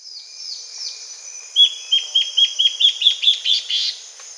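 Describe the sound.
Bird calling: a few thin downslurred whistles, then a rapid run of short bright notes rising slightly in pitch.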